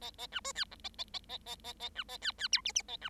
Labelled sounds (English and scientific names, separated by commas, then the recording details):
Bengalese Finch (Lonchura striata domestica) song
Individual Bird7